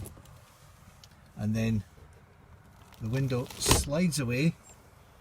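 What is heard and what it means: A hinged window on an Autocruise Select 184 campervan is being handled with its catches undone, as the window is pushed open toward the point where its stay arm locks it in place. Someone talks over low background noise, with faint brief taps near 0.1 s and 1.0 s. The stay arm has not clicked or seated yet by the end of the clip.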